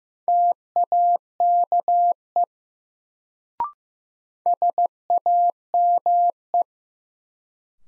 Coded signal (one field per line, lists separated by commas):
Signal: Morse code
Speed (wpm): 15 wpm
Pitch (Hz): 700 Hz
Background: none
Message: TAKE SAME